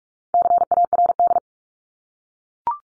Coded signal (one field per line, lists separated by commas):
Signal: Morse code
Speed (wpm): 44 wpm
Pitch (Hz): 700 Hz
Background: none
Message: CARD